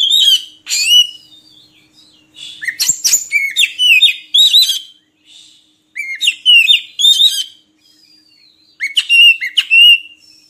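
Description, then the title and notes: Oriental magpie-robin song in several phrases of varied whistles and chips, separated by short pauses. Oriental magpie-robin song made for training kept birds to sing (gacor) day and night. "Kacer Jadi Gacor Siang Malam. Isian Kacer Durasi Panjang"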